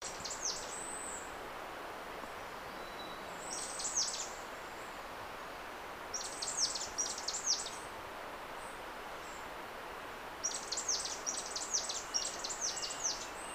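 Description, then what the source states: Red-collared myzomela calls: four groups of thin, very high, quickly repeated downslurred notes, the last group longest, over a faint constant background hiss. Papua New Guinea.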